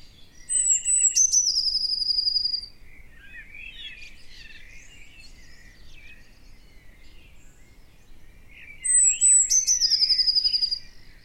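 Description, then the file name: Eurasian blue tit calling: a high thin descending note followed by buzzy chatter, heard twice, with softer twitters between. "Cyanistes caeruleus"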